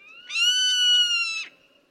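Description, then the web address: Zone-tailed Hawk: a single drawn-out, harsh scream from a Zone-tailed Hawk, held evenly and dropping briefly as it ends. Zone-tailed hawk of the American Southwest; soars among turkey vultures, nests and roosts near them, occurs only within their range, and sneaks up on prey undetected. "Bird Note. zone tailed hawks mimic vultures"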